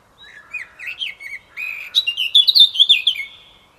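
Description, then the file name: Eurasian blackcap song, short muted chattering opening followed by a bright burst of fluty whistles. "Sylvia atricapilla"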